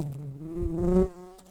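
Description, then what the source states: Brown-banded carder bee buzzing, a steady low hum with harmonics that grows louder until about a second in, then drops to a softer drone. Worker bumblebee.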